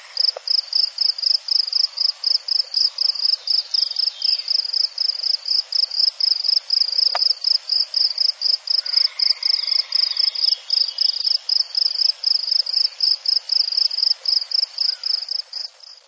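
Cricket chirping: high, bright pulsed chirps repeated steadily about four times a second throughout, over a faint background hiss.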